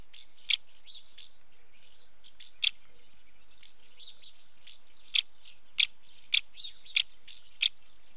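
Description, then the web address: House martin giving short, sharp chirping calls, single notes scattered irregularly over a quiet background. Female calling at the nest entrance; British bird. "BBC Sound Effects Library British Birds House Martin female calling at nest entrance"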